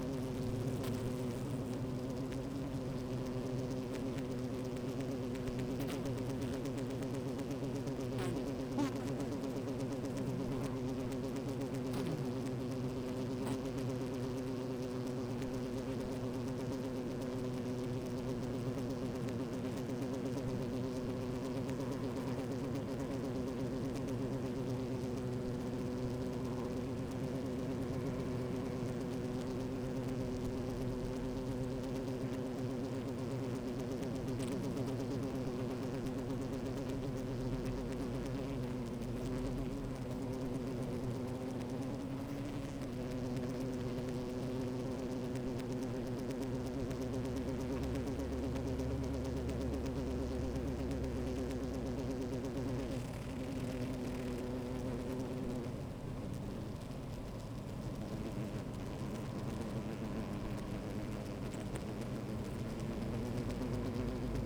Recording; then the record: honeybee colony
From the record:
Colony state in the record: active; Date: 28 July 2017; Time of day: 13:30